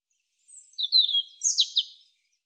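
European robin song, a high, thin phrase of wavering notes followed by a quicker burst of notes, against a silent background.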